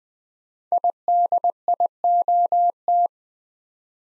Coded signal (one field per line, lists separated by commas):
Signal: Morse code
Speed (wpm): 20 wpm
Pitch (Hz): 700 Hz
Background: none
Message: IDIOT